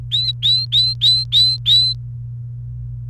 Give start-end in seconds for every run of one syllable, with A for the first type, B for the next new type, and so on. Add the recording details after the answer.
0.12-1.93 A. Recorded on 28 April 2018 at 17:10. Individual llb3